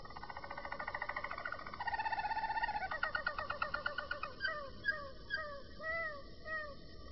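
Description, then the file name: Roller canary song: fast, even rolling trills changing pitch in steps, followed by a string of separate, downward-sliding piping notes. "kenari-roller -omkicau"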